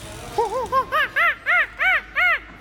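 Monkey chattering: a quick run of eight arched, harmonic yelps, starting low and soft and rising in pitch and loudness toward the end.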